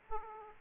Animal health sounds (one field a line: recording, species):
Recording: mosquito wingbeat signal from an infrared sensor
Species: Aedes aegypti